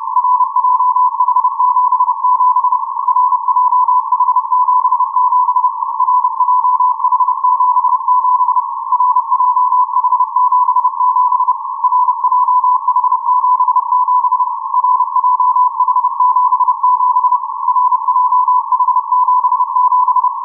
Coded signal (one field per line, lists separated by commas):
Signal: Morse code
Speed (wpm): 30 wpm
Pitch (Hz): 1000 Hz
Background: none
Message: RJH77 RJH77 RJH77 RJH77 RJH77 RJH77 RJH77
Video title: Beta / Бета "RJH77" time signal from Arkhangelsk VLF transmitter - CW 25 kHz